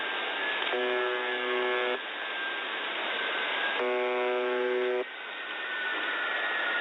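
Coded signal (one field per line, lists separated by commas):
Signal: channel marker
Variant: UVB-76 (The Buzzer)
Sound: two harsh low buzzes, each about a second long, through steady radio hiss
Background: radio static, steady tone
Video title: Weird Sounds on The Buzzer, XM Whales Oddity, 4.625 USB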